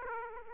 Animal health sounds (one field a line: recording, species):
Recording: mosquito wingbeat signal from an infrared sensor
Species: Aedes aegypti